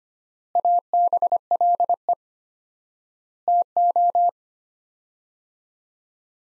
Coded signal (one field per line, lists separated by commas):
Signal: Morse code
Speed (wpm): 25 wpm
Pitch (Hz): 700 Hz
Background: none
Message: ABLE TO